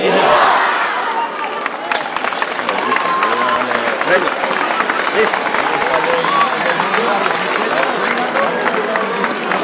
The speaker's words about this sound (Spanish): Pero antes, taustanos, gritemos todos juntos: ¡viva la Virgen de Sancho Abarca! ¡Viva! ¡Viva la fiesta de Tauste!